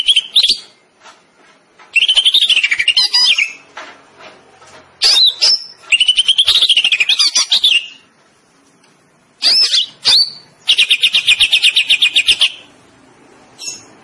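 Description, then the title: Greater green leafbird with varied, high, chattering song phrases and rapid trills, alternating with short gaps, one phrase a fast even buzzing trill. Singing in 'gacor' style, an Indonesian term for vigorous, continuous singing. "Cucak Ijo Gacor"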